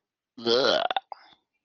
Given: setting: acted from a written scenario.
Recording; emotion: vocal sound without words; disgust